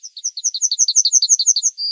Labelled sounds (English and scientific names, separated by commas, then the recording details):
Yellowhammer (Emberiza citrinella) song
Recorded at under 5 m from the bird
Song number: 009